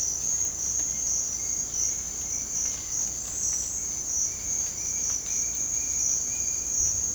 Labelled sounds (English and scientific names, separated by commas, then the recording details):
none
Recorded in dense forest near Puerto Asís, Putumayo, Colombia, on 18 December 2024 at 07:00
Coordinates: 0.466, -76.327
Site G075